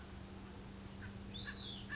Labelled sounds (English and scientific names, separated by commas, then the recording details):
Hutton's Vireo (Vireo huttoni)
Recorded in Sonoma County, California